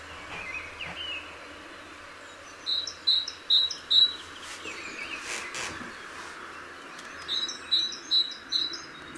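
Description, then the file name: Great tit calling, a run of four high notes around the middle and another run of four near the end. "Parus major"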